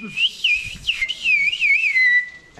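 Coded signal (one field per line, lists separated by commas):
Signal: whistled language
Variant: Turkish Kuş dili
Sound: a single loud whistle gliding up and down in several swoops, ending level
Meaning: I like pizza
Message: Pizza seviyorum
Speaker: Can you say I like pizza? Pizza severim diyebilir misin? Pizza seviyorum.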